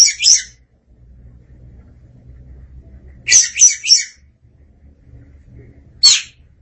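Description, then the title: Oriental magpie-robin with two rough, rapid bursts of several syllables and a single sharp note, over a faint low hum. "Suara Kicauan Burung Kacer Durasi Panjang"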